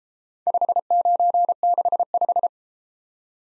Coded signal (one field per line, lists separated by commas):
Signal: Morse code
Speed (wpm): 32 wpm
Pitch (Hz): 700 Hz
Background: none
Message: 5965